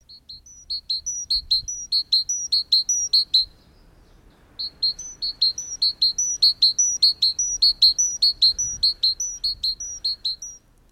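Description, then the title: Great tit song: bright two-note phrases repeated rapidly in two bursts, a high note alternating with a lower one, with a short pause between the bursts. "Viikon luontoääni: Talitiainen"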